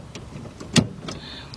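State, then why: Seated. A headlight bulb and socket on a 2008 Audi A6 Quattro (right front) is inserted and turned in the plastic headlight housing. It locks into place with a sharp click at 0.8 s, followed by fainter ticks near 1.1 s and 1.5 s over a low background hum. The bulb is seated.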